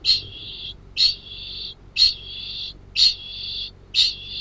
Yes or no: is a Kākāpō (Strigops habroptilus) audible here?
yes